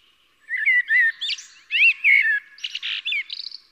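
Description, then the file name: Common blackbird song: a run of fluty warbled notes, ending in a squeaky, high-pitched twitter. "Turdus merula"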